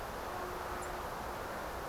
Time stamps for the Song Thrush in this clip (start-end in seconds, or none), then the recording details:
0.81-0.86. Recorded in France